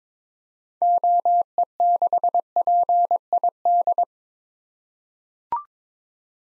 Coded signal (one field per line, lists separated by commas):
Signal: Morse code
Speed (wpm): 22 wpm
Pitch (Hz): 700 Hz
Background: none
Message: OE6PID